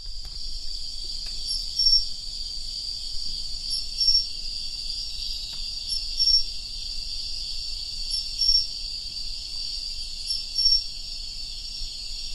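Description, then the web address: Cricket trilling: a continuous shrill high trill runs throughout, with a brief accented note popping out about every two seconds. "Hoerbeispiele Grillen"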